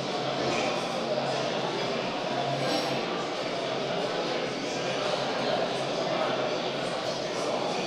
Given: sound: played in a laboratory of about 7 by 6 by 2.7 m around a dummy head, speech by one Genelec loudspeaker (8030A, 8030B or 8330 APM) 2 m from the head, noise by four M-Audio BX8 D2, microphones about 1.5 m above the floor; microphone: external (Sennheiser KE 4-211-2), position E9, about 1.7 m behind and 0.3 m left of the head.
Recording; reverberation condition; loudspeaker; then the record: cafeteria noise; high; four, about 170 cm from the corners of the room and facing them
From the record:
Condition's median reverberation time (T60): about 1300 ms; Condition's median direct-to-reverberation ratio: about -4.0 dB